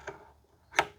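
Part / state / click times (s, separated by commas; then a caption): condenser into the microscope condenser holder / seated / 0.8 s. A microscope condenser is pushed back onto its holder on an Olympus BX41, so its pin goes into the notch before it is locked with the thumb screw. A smaller tick at 0.1 s is followed by a sharp, bright metal click at 0.8 s as the condenser clicks into place and seats in its mount.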